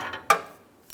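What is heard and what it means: A torque wrench tightens the downstream O2 sensor, bottomed out in the exhaust pipe thread, to 35 ft-lb on a 2002-2005 Ford Explorer. A sharp metallic click at 0.3 s marks the wrench reaching its setting, followed by a faint tick near 0.9 s.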